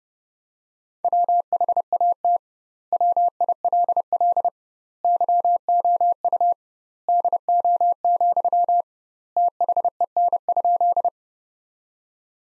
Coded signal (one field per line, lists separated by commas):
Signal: Morse code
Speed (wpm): 30 wpm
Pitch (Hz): 700 Hz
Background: none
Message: WHAT WILL YOU DO, THEN?